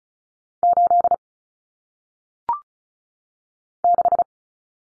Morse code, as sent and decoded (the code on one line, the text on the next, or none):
---.. / -....
8 6